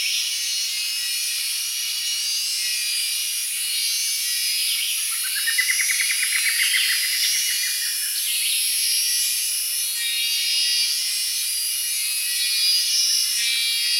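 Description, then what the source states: Cicadas producing a dense, continuous high-pitched electric buzz throughout, joined midway by a brief pulsed trill that rises and falls. Several cicadas, described as an electric buzz.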